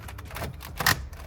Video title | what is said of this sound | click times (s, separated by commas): Toyota Hilux 2015–2019 Head Unit Upgrade - Full Install, JBL & 360 Camera Support | There we go, that all snaps into place nice and easy. | 0.9 s